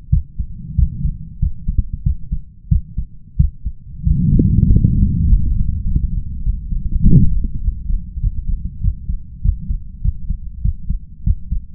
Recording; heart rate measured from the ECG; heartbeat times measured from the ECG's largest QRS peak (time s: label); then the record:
heart sounds by stethoscope; 97 bpm
0.09 s: heartbeat
0.75 s: heartbeat
1.38 s: heartbeat
2.02 s: heartbeat
2.68 s: heartbeat
3.36 s: heartbeat
4.02 s: heartbeat
4.66 s: heartbeat
5.25 s: heartbeat
5.83 s: heartbeat
6.42 s: heartbeat
7.02 s: heartbeat
7.60 s: heartbeat
8.20 s: heartbeat
8.80 s: heartbeat
9.41 s: heartbeat
10.01 s: heartbeat
10.61 s: heartbeat
11.23 s: heartbeat
From the record:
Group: healthy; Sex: male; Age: 21 years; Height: 180 cm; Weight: 67.5 kg